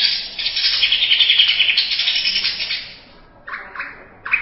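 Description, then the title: Greater green leafbird delivering a long, rapid, scratchy warble lasting nearly three seconds, then a pause and a few short chattering notes. "Cucak ijo"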